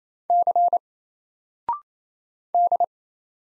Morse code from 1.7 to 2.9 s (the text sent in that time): D